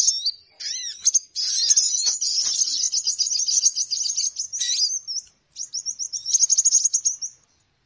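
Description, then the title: Birds chattering in quick high trills and chirps, starting with a few swooping whistles, then a dense burst, then spaced rapid series before falling quiet. Noisy bird calls used as a lure to attract birds, which are said to gather close soon after it starts. "Baru Diputar Dah Banyak Merapat! Suara Pikat Burung Ribut"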